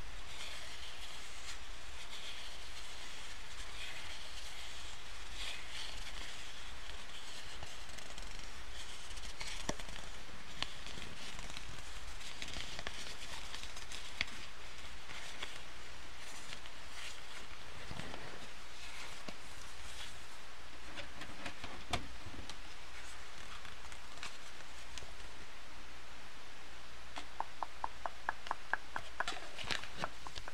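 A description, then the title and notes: Continuous scratching and tapping with dense clicks throughout, bright rustle, and a quick run of regular ticks near the end, like card shuffling. Tapping, Scratching, Card Shuffling.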